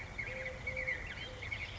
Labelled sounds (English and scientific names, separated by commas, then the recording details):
Eurasian Collared Dove (Streptopelia decaocto)
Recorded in Sonoma County, California